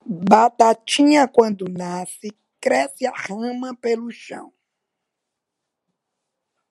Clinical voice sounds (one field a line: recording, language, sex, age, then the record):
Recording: short text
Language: Brazilian Portuguese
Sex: female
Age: 60 to 69 years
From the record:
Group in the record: control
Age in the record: 68 years